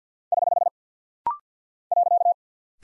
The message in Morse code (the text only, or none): <HH> .